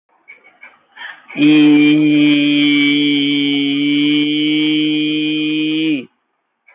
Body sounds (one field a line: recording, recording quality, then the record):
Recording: sustained vowel as in beet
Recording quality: moderate, slight background noise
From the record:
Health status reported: healthy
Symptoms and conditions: none ticked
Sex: male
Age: 20 years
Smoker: not ticked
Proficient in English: yes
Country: India